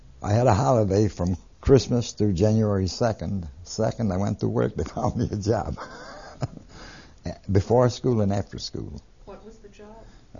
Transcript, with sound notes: I had a holiday from Christmas to January 2nd. The second, I went to work, they found me a job. (He laughs.) Before school and after school.
What was the job?